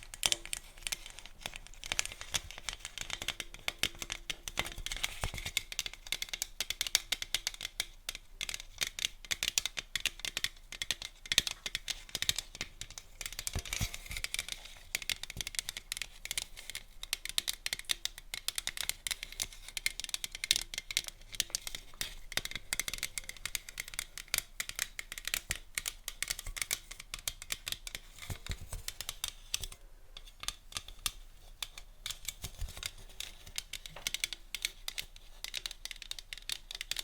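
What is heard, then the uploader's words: ASMR tapping: a dense, continuous run of quick, light taps and clicks that rarely pauses across the whole stretch. The sound is crisp and bright, with little low body, and the pace stays fairly even, thinning briefly around thirty seconds before resuming. ASMR Tapping (No Talking).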